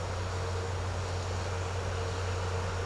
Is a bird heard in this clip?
no